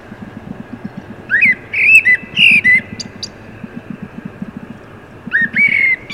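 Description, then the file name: Common blackbird with rich, fluty whistled phrases and scratchy high notes, a second phrase starting near the end, over a low rapid pulsing hum. "Turdus merula"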